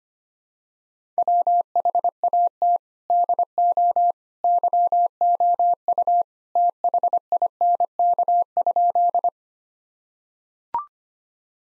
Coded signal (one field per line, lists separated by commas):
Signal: Morse code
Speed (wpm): 25 wpm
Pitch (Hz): 700 Hz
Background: none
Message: WHAT DO YOU THINK?